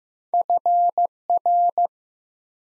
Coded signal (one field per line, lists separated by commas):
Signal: Morse code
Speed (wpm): 15 wpm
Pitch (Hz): 700 Hz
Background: none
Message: FR